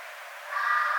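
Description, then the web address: Red fox scream, a harsh rasping cry that starts halfway through and is still going at the end. Recorded 1 February 2012. "Red Fox 2012 02 01"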